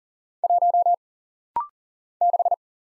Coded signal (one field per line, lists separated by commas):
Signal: Morse code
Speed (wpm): 40 wpm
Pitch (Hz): 700 Hz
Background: none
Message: 1 6